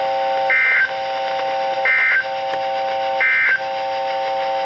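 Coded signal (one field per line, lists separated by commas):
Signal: Emergency Alert System (SAME) tones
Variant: end-of-message bursts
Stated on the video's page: Severe thunderstorm warning SAME tones from NOAA weather radio transmitters KHA99 and WXK22 for Texas counties.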